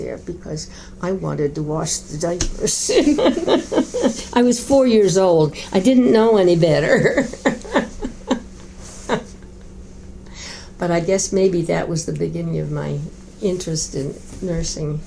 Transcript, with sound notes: there, because I wanted to wash the diapers. [laughter] I was four years old; I didn't know any better. But I guess maybe that was the beginning of my interest in nursing.